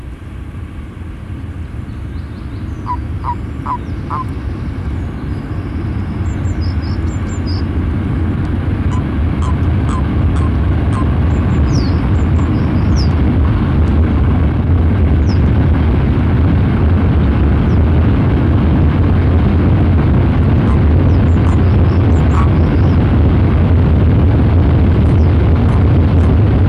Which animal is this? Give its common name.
Common Toad